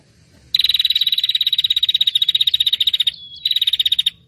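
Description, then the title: Prinia call: a long, harsh, evenly pulsed buzzing trill lasting over two seconds, a brief slurred note, then another shorter buzzy burst. Noisy prinia calls used as a lure for catching birds; refers to red-headed and 'tamu' prenjak. "Suara Prenjak Ribut Buat Pikat Burung Prenjak Kepala Merah Prenjak Tamu"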